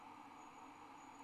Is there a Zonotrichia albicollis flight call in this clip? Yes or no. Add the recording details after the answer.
no. No flight call is heard. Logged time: 01:28 on 30 November 2014